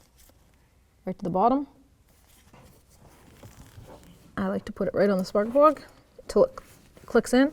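A new pre-siliconed spark plug wire boot with its heat shield is being handled and brought to the spark plug on a 2009-14 Cadillac Escalade, to be pushed on until it clicks. Someone talks while faint handling sounds are heard near 0.5, 2.1 and 4.0 s. Nothing has seated or clicked yet.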